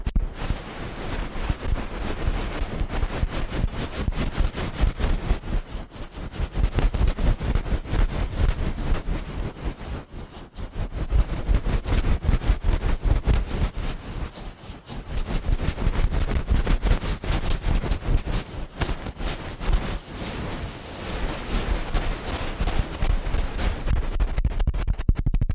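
Ear cleaning sounds: dense, rapid scratching and rubbing with a heavy low rumble, steady throughout with brief softer dips near 6, 10, and 15 seconds.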